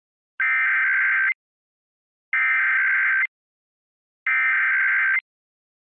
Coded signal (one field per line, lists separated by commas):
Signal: Emergency Alert System (SAME) tones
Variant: header bursts